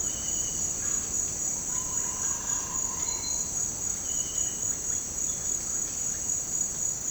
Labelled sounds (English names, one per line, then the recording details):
Greater Ani
Russet-backed Oropendola
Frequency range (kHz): Greater Ani 0.4-2.3 kHz; Russet-backed Oropendola 0.8-2.6 kHz
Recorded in dense forest near Puerto Asís, Putumayo, Colombia, on 21 February 2024 at 07:30
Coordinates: 0.503, -76.322
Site G6418